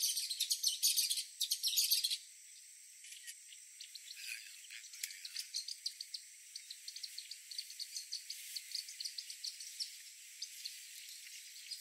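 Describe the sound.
Bird chirps, a dense burst of high twittering notes in the first two seconds, then scattered short high pips continuing at an uneven pace.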